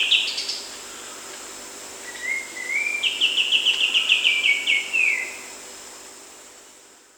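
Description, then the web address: Grey-cheeked bulbul giving one phrase: a rising slurred lead-in, then a rapid buzzy trill that fades out, after the tail of an earlier call, over a steady insect hum. Recorded at Danum on 1 April 2006. "DANUM 20060401. grey-cheeked bulbul"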